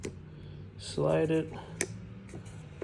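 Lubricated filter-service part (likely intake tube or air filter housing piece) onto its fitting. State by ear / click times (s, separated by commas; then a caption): seated / 1.8 s. During an oil and air filter service on a 43/450 AMG, a lubricated intake part that was partly on is slid and popped fully onto its fitting while someone talks. A sharp tick at 1.8 s marks it seating, and the part is confirmed on.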